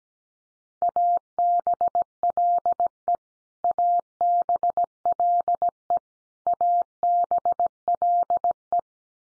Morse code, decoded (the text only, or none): ABLE ABLE ABLE